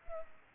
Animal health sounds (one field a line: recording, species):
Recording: mosquito wingbeat signal from an infrared sensor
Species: Culex pipiens